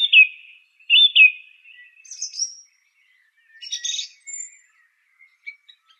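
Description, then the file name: Song thrush song opening with a repeated bright phrase given twice, followed by high thin whistles and a scratchy chattering burst, then faint notes. "suara kicauan burung song thrush. omkicau"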